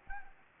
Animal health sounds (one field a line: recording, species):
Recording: mosquito wingbeat signal from an infrared sensor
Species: Anopheles arabiensis